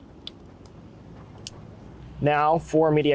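A plastic audio harness connector is plugged into the female Hamilton socket of an adapter while installing a CarPlay and Android Auto upgrade kit in a 2014–2020 Lexus CT. Sharp clicks ring out at 0.3 s and 1.5 s as the connector seats, and then someone talks.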